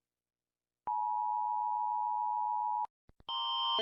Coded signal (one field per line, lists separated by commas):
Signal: Emergency Alert System (SAME) tones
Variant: 853 and 960 Hz attention tone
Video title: Rating EAS alarms from around the world 💀 (part 1)